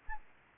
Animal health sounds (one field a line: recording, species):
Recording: mosquito wingbeat signal from an infrared sensor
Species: Aedes aegypti